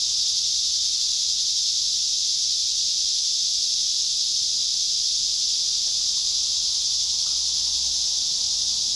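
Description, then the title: Cicadas producing an unbroken, loud, high hissing drone at an even level throughout, with nothing else standing out. At Trinity. "neoscenes: cicadas at Trinity"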